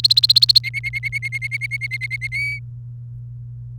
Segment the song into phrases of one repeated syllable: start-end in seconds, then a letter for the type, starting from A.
0.04-0.59 A, 0.64-2.27 B, 2.32-2.59 C